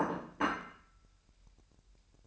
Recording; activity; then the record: daily activity, microphone in the room; place plate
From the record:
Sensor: 2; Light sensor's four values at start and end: 8/28/11/10 and 8/28/11/10